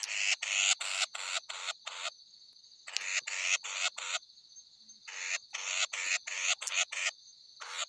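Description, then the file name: Mixed batis giving harsh, rasping bursts in quick irregular runs, broken by short pauses, over a steady high-pitched insect drone. "Batis mixta"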